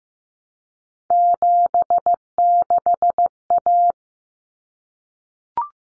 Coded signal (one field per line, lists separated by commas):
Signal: Morse code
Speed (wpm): 15 wpm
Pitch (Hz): 700 Hz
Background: none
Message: 76A